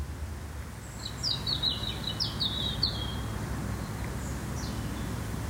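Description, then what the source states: European robin delivering one short phrase of high, thin, sliding notes, followed by faint scattered chirps over a low background rumble. In a garden; a sound that made the recordist very happy.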